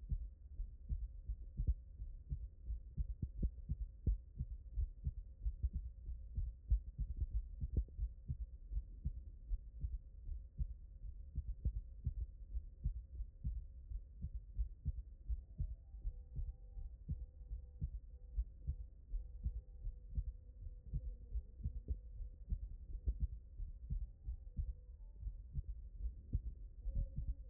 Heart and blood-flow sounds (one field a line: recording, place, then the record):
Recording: heart sounds by stethoscope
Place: tricuspid valve (TV)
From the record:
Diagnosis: non-HFrEF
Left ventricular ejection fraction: 51%